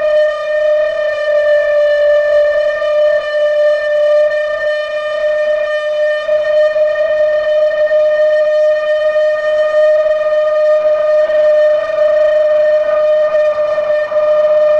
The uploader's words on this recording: The Extraordinary Sound of the Railroad Switch Gas-jet Flute. Switch de-icing mechanism on the railroad tracks between King Street and Woodmont Road in Northampton, MA, recorded Winter 1998-99 by Dan Bodah.